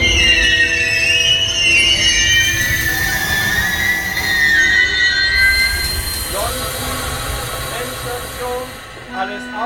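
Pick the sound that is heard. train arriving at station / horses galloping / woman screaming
train arriving at station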